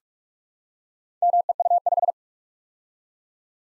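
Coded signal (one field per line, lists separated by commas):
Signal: Morse code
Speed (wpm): 44 wpm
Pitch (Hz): 700 Hz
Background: none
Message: MEU5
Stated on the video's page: Morse practice of random four-character letter-number groups at 45 wpm for head-copy.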